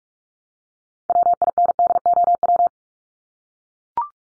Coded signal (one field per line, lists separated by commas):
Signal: Morse code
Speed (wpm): 44 wpm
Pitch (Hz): 700 Hz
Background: none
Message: WINDOW